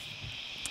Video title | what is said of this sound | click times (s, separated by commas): Dive Deep into our 2021 ELITE - Forward Fold Camper, WHY IS IT SO POPULAR? | double latches so when it locks in place it's all held in nice and tight | 0.7 s